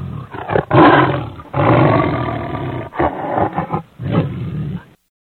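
Lion roaring in several deep, rough bursts over about five seconds before it stops.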